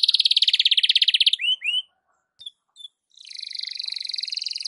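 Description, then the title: Belgian canary song opening with a long fast rolling trill and two rising slurred notes, a near-silent gap with faint chips, then a steady buzzy trill. Domestic Belgian canary; morning song used to warm up a canary, described as suited for masteran (tutoring other birds). "Canto Para Esquentar Canário Belga. SUARA BURUNG KENARI DI PAGI HARI COCOK BUAT MASTERAN"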